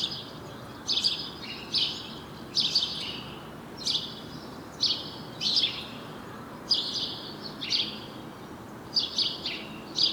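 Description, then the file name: House sparrow chirping, clear bright single and double chirps at irregular intervals, over a steady faint background hiss. "Passer domesticus"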